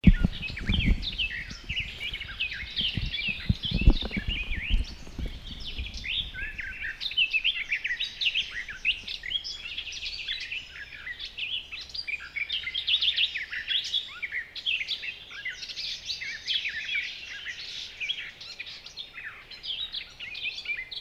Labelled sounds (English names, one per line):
Garden Warbler